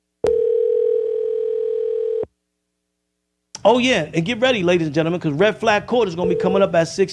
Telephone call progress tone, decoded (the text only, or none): ringback tone